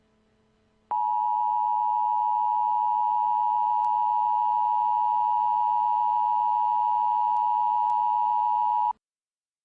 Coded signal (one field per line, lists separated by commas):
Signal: Emergency Alert System (SAME) tones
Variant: 853 and 960 Hz attention tone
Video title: EAS | Nuclear Attack #7